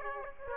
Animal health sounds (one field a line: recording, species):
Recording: mosquito wingbeat signal from an infrared sensor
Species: Aedes aegypti